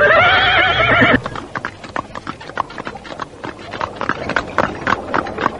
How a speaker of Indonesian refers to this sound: Kusir kereta menyentakkan tali kuda.